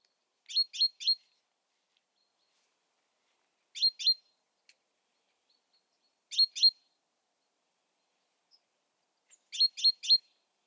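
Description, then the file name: Great tit uttering crisp, high chinking notes in rapid groups of three, two, two and three, with quiet gaps of two to three seconds between groups. "Parus major"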